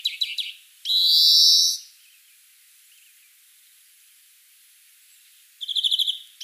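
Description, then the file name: European greenfinch producing a short rattling trill, then a long, harsh, nasal wheeze lasting about a second, then silence before another rattling trill. "Chloris chloris"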